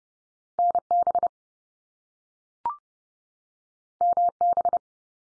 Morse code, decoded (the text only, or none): NB MB